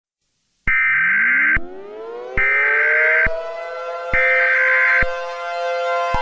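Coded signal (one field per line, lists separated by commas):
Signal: Emergency Alert System (SAME) tones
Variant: header bursts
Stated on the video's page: Fictional EAS scenario, not a real alert.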